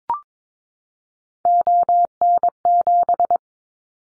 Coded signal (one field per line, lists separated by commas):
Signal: Morse code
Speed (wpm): 22 wpm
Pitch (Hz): 700 Hz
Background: none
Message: ON7